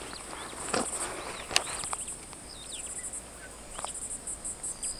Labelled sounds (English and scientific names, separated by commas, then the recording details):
Superb Starling (Lamprotornis superbus) flight call
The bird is a male
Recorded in Kenya on 18 May 2010
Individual 106, of group WDB